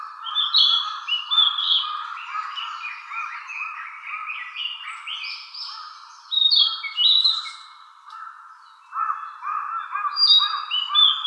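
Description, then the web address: Narcissus flycatcher singing: quick varied whistled notes and trills delivered almost continuously, with brief pauses, above a constant pulsing low background chorus. Recorded 24 June 2014. "birdenaga kibitaki 140624"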